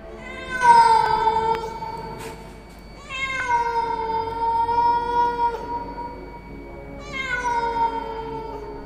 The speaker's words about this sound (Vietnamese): Phía nhà chú Tư vọng lại tiếng gọi nho nhỏ cùng với tiếng con mèo đen vẫn kêu đâu đó.